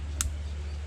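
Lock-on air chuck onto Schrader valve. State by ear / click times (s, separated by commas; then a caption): seated / 0.2 s. A lock-on air chuck is slid onto a metal Schrader valve and latches in place with the slide. A single sharp, bright click is heard at 0.2 s over a steady low hum, and the chuck is seated and locked.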